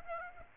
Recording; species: mosquito wingbeat signal from an infrared sensor; Aedes aegypti